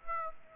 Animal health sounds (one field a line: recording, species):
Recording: mosquito wingbeat signal from an infrared sensor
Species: Aedes aegypti